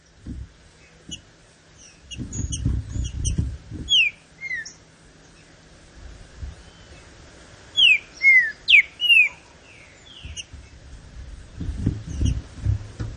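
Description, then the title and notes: Green-winged saltator song with a short whistled start and then a fuller phrase of ringing downslurred notes, amid faint high chirps and low noise. Classic song style, used for training. "Canto Clássico Trinca Ferro TREINAMENTO. trinca fero"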